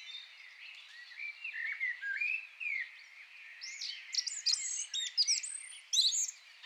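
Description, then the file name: Common blackbird song: soft low fluted notes sliding up and down, building into bright, squeaky high twittering flourishes during the last few seconds. "Turdus merula"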